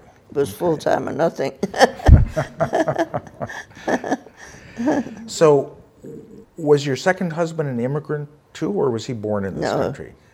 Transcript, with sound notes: It was fulltime or nothing. (both laugh) So, was your second husband an immigrant too or was he born in this country?